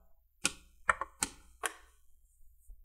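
The plastic back-edge clips of an Acer Aspire Vero AV15-52-77MH laptop bottom cover are pressed into the chassis, snapping in with sharp clicks at 0.5, 0.9, 1.2 and 1.7 seconds, plus a fainter click near 1.0 seconds. The cover is seated.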